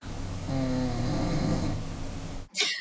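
One low, rumbling snore lasting about two seconds from a woman who has nodded off to sleep, with a short noise after it.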